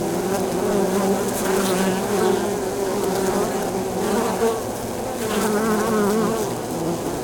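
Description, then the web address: Honey bees producing a constant layered drone, occasional louder bees sweeping past with wavering pitch. Beehive exterior at the landing zone, recorded very close in stereo. "Sound Holder - Beehive bees hive"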